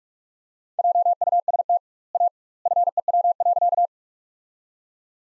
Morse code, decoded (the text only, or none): JUST A FEW.